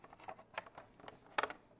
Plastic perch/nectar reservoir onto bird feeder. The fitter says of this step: Get it snapped in.